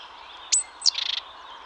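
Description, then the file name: Great tit call: a sharp, high note, then a second note running into a short buzzy churring rattle, over faint steady background hiss. "Parus major"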